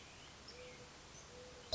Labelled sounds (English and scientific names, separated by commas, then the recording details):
Mourning Dove (Zenaida macroura)
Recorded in Sonoma County, California